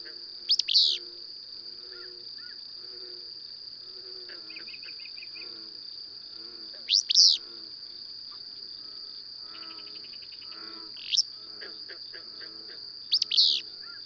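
Bird repeats clusters of sharp, sweeping high chirps about four times, under which a steady shrill insect hum and faint rapid trills continue.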